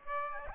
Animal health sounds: mosquito wingbeat signal from an infrared sensor; Aedes albopictus

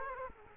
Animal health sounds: mosquito wingbeat signal from an infrared sensor; Culex quinquefasciatus

